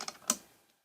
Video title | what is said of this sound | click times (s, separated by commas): Possible Check Engine Light On Kia Sorento Issue - It Could Be As Simple As This | Hear that click? | 0.0 s, 0.1 s, 0.3 s